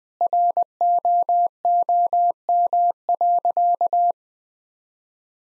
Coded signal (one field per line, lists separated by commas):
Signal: Morse code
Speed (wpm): 21 wpm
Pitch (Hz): 700 Hz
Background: none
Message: ROOM.